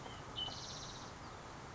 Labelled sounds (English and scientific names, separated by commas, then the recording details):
White-breasted Nuthatch (Sitta carolinensis)
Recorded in Sonoma County, California